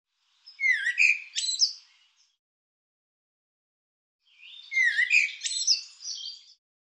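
Bird uttering two short, scratchy, twittering phrases separated by a pause of about two seconds, with silence around them.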